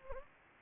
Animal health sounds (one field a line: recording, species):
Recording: mosquito wingbeat signal from an infrared sensor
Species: Anopheles gambiae